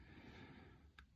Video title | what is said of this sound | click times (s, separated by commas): Ram Promaster (Gasoline) ESIM Module | and take your electrical connection and make sure it snaps on. | 1.0 s